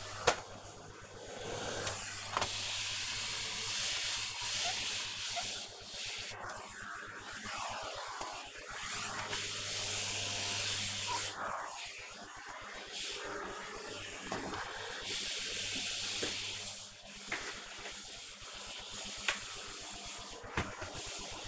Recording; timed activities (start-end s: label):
household activities, microphone on the right wrist
0.00-21.48 s: vacuum cleaning